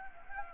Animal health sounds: mosquito wingbeat signal from an infrared sensor; Anopheles gambiae

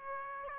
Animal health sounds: mosquito wingbeat signal from an infrared sensor; Aedes aegypti

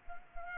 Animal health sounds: mosquito wingbeat signal from an infrared sensor; Culex pipiens

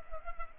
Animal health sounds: mosquito wingbeat signal from an infrared sensor; Culex pipiens

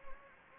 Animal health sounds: mosquito wingbeat signal from an infrared sensor; Anopheles gambiae

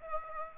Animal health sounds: mosquito wingbeat signal from an infrared sensor; Aedes aegypti

